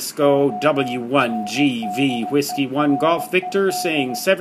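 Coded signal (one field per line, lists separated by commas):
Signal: Morse code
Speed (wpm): 16 wpm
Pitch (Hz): 730 Hz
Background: speech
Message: ORDERED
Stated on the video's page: Band watch with activity on 18 MHz.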